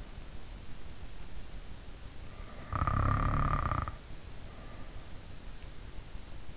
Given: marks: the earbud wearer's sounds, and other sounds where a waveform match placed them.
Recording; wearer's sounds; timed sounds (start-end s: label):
sounds in sleep by an in-ear microphone; snoring breath
2.42-5.10 s: snoring breath